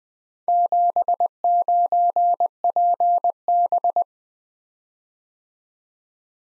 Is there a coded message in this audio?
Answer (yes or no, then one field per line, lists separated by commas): yes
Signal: Morse code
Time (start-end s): 0.5-4.0 s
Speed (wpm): 20 wpm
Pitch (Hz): 700 Hz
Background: none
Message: 79PB